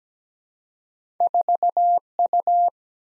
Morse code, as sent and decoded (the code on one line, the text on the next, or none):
....- ..-
4U